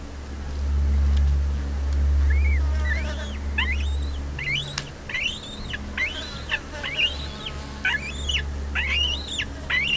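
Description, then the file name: Black-breasted buzzard uttering a long series of rising-and-falling whistled notes, roughly one or two per second, after a few seconds of low humming background. "Hamirostra Melanosternon"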